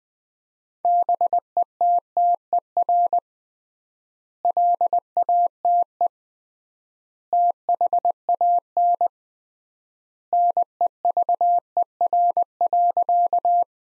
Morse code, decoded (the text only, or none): BETTER LATE THAN NEVER.